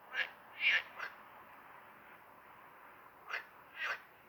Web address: Amphibien Froschlurche Stimmen. Teichfrosch